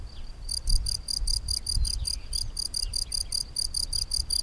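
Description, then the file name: Cricket chirps start after a moment's quiet, then run as rapid, even, high-pitched pulses over a low background rumble. Drôme, May 2008. "grillon-drome-mai-2008"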